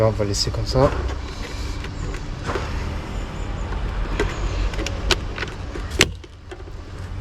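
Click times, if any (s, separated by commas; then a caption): 5.1 s, 6.0 s. The plastic shell of a Range Rover Evoque door mirror is pried off, and its retaining clips in the mirror housing pop open with two sharp little clicks at 5.1 s and 6.0 s. Someone talks while the clips are released.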